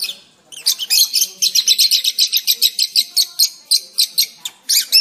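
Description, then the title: Oriental magpie-robin song: a rapid series of sharp, high chattering notes, then a short pause and one more phrase. "Kicau Kacer"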